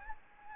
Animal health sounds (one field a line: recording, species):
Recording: mosquito wingbeat signal from an infrared sensor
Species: Anopheles gambiae